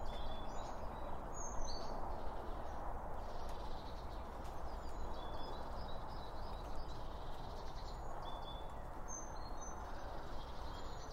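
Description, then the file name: Birds tweeting with scattered high chirps and quick trills, some louder near the start and end, over a continuous low hum. Birds around a bird feeder, recorded with two Line Audio OM1 microphones. "Birds Around Birdfeeding With Two Om 1 From Line Audio"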